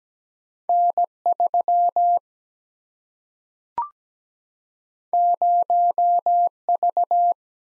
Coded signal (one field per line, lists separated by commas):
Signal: Morse code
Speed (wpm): 17 wpm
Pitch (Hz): 700 Hz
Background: none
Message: N 3 0 V